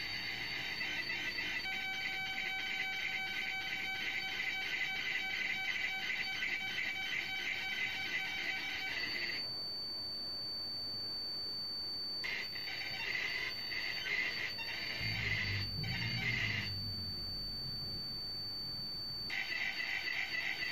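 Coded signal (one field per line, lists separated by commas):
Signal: computer data on cassette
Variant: SAM Coupé turbo loading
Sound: harsh buzzing, screeching data noise with pulsing harmonic tones, brief pause, then more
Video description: Sam Coupé core from McLeod Ideafix supports tape loading, so here it's the turbo loading.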